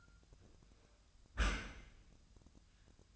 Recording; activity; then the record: daily activity, microphone in the room; close dishwasher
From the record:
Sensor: 2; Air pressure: 1004.5 hPa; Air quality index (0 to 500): 117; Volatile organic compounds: 3 ppm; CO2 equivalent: 1423 ppm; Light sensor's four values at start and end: 6/15/6/6 and 6/15/6/6